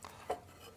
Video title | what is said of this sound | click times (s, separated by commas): CAN AM OUTLANDER 1000 DALTON Clutch kit install part 2! | And it'll just clip in. It just sort of clicked right in the spot there. | 0.3 s